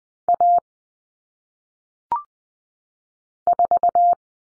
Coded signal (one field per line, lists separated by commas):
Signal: Morse code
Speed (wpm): 20 wpm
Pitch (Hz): 700 Hz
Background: none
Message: A 4